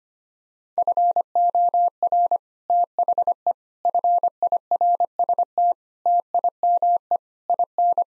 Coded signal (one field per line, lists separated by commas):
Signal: Morse code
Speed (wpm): 25 wpm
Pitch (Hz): 700 Hz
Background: none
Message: FOR THE FIRST TIME IN